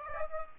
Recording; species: mosquito wingbeat signal from an infrared sensor; Aedes aegypti